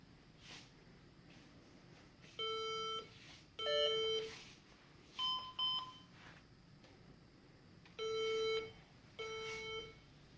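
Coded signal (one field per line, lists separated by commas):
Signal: beep code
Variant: HP EliteDesk 800 G2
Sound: five buzzy electronic beeps, about half a second each, in irregular rhythm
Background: quiet room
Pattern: 5 short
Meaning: Beeping during a BIOS update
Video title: Bios updates on HP Elite desk 800G2, beep beep...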